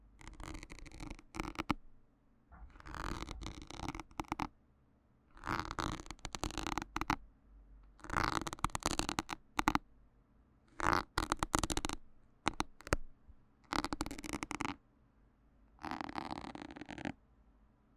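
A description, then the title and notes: A needle is pulled from a microphone in repeated crackling bursts, each a second or so of dense scratching and rubbing against the mic. The bursts come roughly every two seconds, separated by brief quiet with a faint low hum underneath. 拔針的強烈觸發. Remove the needle from the MIC. NoTalking.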